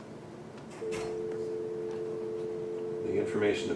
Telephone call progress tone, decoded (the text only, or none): dial tone